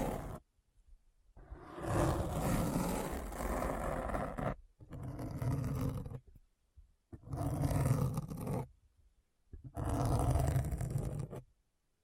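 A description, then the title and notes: Deep, rough scratching comes in four dense bursts of two to three seconds each, separated by short silences, with a low rumbling grit. ASMR Deep Brain Scratch (No Talking).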